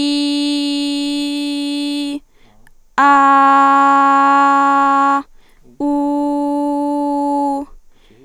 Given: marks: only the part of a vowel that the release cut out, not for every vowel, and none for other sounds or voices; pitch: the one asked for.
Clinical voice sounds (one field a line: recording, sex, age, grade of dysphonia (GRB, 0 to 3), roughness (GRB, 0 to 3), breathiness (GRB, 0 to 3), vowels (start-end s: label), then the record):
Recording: sustained vowels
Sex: female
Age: 20 to 29 years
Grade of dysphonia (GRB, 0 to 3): 0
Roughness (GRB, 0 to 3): 0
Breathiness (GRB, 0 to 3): 0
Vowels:
0.00-1.97 s: vowel /i/, normal pitch
3.26-5.08 s: vowel /a/, normal pitch
6.05-7.52 s: vowel /u/, normal pitch
From the record:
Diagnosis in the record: healthy voice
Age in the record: 20 years